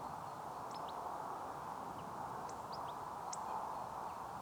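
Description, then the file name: European goldfinch calls: short, high, thin chirps in small scattered clusters, set against a steady broad hiss of background noise throughout. "Carduelis carduelis"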